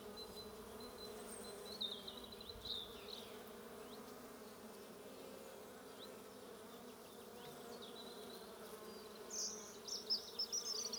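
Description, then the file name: Steady humming of bees with a droning, unbroken tone; thin high bird calls come and go, growing busier near the end. "buzzing bees"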